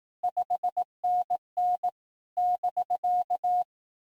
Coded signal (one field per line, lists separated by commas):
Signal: Morse code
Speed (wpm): 18 wpm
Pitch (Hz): 720 Hz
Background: none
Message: 5NN <BK>